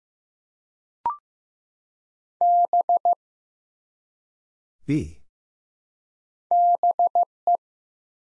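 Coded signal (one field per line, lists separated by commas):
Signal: Morse code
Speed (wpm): 15 wpm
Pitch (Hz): 700 Hz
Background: none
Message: B BE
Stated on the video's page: Morse practice at 15 wpm building 3- to 5-letter words one letter at a time, for beginners working on instant character recognition.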